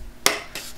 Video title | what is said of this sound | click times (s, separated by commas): The Sharper Image - Cessna Pro Series Assembly Guide | so we slide across line it up on both sides and we give one good firm push hear a little click | 0.3 s